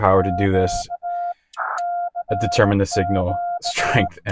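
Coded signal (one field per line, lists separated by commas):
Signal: Morse code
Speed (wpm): 18 wpm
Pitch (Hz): 700 Hz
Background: speech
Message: Q CQ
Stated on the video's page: CW POTA activation by a newcomer calling CQ POTA on 20 metres, Yaesu FT-891 at 20 watts into a 17-foot telescoping whip, battery powered.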